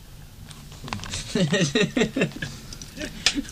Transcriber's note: laughter